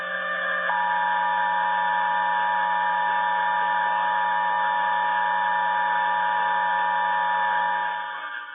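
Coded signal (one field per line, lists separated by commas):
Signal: Emergency Alert System (SAME) tones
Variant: 853 and 960 Hz attention tone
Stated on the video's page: Pennsylvania required monthly test.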